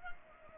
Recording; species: mosquito wingbeat signal from an infrared sensor; Culex pipiens